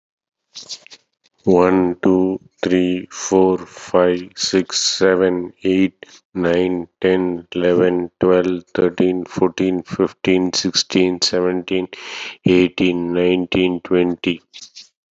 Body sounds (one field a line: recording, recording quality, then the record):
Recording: counting at a normal pace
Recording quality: excellent, no background noise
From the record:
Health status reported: COVID-19 positive, mild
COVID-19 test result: positive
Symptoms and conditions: cough, fever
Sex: male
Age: 45 years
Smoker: not ticked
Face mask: worn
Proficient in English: yes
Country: India